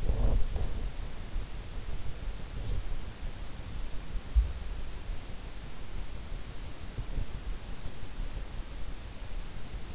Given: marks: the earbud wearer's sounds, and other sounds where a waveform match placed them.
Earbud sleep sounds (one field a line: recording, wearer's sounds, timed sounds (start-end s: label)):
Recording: sounds in sleep by an in-ear microphone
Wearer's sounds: teeth grinding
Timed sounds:
0.00-0.90 s: teeth grinding